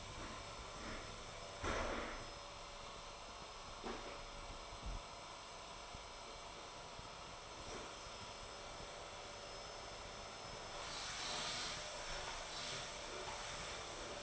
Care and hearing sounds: daily activity, microphone in the room; vacuum cleaning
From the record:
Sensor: 5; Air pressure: 1000.2 hPa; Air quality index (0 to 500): 118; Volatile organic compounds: 1 ppm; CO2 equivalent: 939 ppm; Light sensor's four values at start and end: 153/359/154/168 and 151/355/153/166

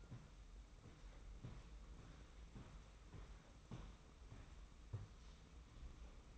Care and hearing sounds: daily activity, microphone in the room; walk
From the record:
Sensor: 1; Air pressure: 990.7 hPa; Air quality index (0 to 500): 147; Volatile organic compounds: 1000 ppm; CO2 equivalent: 5295 ppm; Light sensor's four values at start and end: 29/68/29/31 and 28/65/28/30

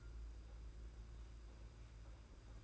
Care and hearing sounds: daily activity, microphone in the room; take from stove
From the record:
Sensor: 2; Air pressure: 991.9 hPa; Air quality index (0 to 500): 234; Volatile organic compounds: 1000 ppm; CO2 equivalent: 7854 ppm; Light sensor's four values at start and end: 17/56/21/20 and 17/56/21/20

